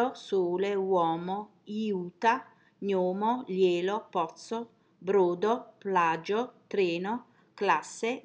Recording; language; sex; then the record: read list of words; Italian; female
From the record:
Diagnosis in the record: healthy control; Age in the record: 60 years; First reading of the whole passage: 59 s, 7.9 characters per second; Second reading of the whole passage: 55 s, 8.5 characters per second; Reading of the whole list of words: 44 s, 6.4 characters per second